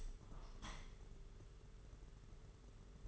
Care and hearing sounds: daily activity, microphone in the room; open window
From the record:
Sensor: 4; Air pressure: 992.1 hPa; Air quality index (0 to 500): 99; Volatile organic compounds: 12 ppm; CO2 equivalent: 2337 ppm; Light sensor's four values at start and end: 22/77/28/30 and 23/78/28/30

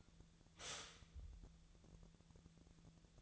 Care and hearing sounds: daily activity, microphone in the room; stop toaster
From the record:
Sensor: 3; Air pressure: 1000.2 hPa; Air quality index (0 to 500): 154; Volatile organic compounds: 3 ppm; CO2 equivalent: 1359 ppm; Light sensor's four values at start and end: 37/95/40/43 and 37/95/40/43

